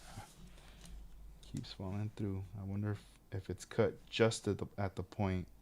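A small plastic part is being handled on a scale model car body, where it keeps falling through its mounting point, while someone talks. A couple of faint light taps are heard. Nothing has seated or clicked yet; the part has not snapped into place.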